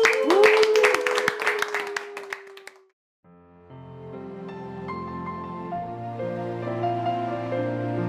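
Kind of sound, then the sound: crowd, group applause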